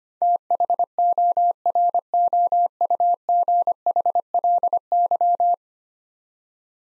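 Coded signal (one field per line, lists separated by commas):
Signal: Morse code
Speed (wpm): 25 wpm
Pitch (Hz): 700 Hz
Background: none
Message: THOROUGHLY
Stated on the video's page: Morse practice drill of 10-letter words at 25 wpm, each word sent twice.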